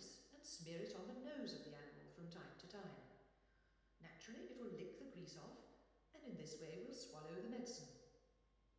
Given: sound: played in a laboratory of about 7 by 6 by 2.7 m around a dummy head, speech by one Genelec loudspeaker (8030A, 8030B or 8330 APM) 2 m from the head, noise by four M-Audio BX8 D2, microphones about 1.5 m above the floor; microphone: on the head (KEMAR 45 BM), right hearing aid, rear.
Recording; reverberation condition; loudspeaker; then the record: female speech in English; high; 120 degrees to the right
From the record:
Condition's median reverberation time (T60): about 1300 ms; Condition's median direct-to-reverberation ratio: about -4.0 dB